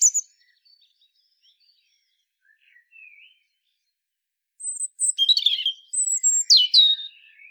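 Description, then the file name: European robin song: a thin high note, a few faint soft twitters, then a rich burst of fast, varied, high tinkling and trilled notes in the last three seconds. "Erithacus rubecula"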